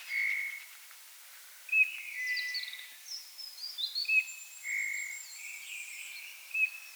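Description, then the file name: Eurasian bullfinch giving soft, mellow piping notes, one at the opening and another about four seconds later, with assorted chirping from other birds in between. "Pyrrhula pyrrhula"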